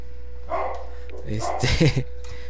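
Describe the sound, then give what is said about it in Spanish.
Black dogs bark in a quick cluster of sharp, mid-pitched barks and yips during the second half, over a steady low electrical hum. “espérense tantito porque ya se pusieron perros los perros negros.”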